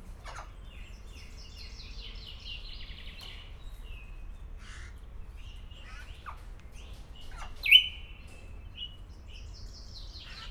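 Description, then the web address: Grey parrot calls: soft chattering notes through most, then one loud whistled squawk, falling and trailing off, near eight seconds. Szeged Zoo, 2011; calling continuously every day. "allathangok szegedizoo 2011 standardt jakopapagaj folyamatosanaprankent"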